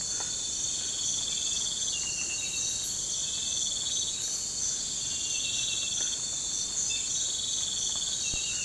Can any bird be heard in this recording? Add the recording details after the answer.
no. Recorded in pastures near Puerto Asís, Putumayo, Colombia, on 20 December 2024 at 04:00. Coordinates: 0.466, -76.322. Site G040